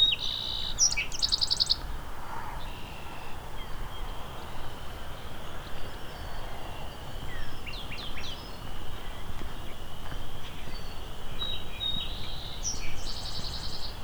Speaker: here's a nice loud song sparrow.